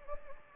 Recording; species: mosquito wingbeat signal from an infrared sensor; Anopheles gambiae